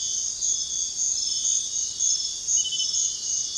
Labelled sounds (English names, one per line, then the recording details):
none
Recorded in dense forest near Puerto Asís, Putumayo, Colombia, on 20 February 2024 at 05:30
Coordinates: 0.500, -76.322
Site G6465